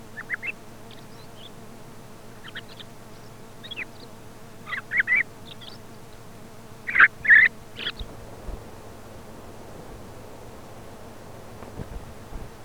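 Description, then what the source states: Thrush delivering short chattering phrases with a couple of louder, fuller notes midway, then mostly quiet, a faint hum persisting. Commercial lure recording sold by a Càlig company for parany bird trapping.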